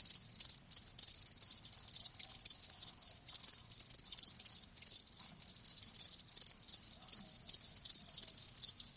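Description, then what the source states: Crickets producing steady high-pitched pulsed chirps, interrupted by several short gaps. Live crickets chirping, a lulling song.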